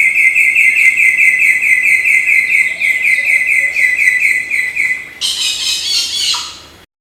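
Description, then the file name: Samyong bird song: a steady, pulsed trill at one high pitch runs for about five seconds, then gives way to a burst of harsh, very high rasping notes. Used as a master song for training magpie-robins (murai batu). "audio burung samyong untuk masteran murai batu omkicau"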